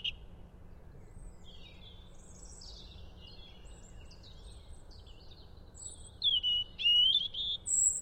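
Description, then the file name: European robin: faint high warbling early on, then a louder sequence of clear, high, sliding whistles and trills near the end over a gentle low background noise. "Erithacus rubecula"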